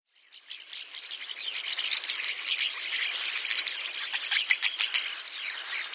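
Bird chirping: dense, irregular high-pitched chirps and ticks overlapping throughout, building after a quiet start.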